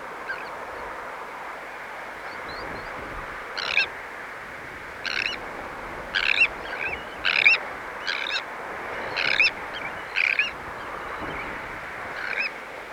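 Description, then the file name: Sandwich tern harsh grating calls, short rasping bursts repeated roughly once a second in a loose series over steady background hiss. "Sandwich Tern (Thalasseus sandvicensis)"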